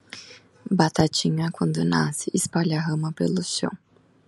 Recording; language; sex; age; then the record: short text; Brazilian Portuguese; female; 20 to 29 years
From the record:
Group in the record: control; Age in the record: 28 years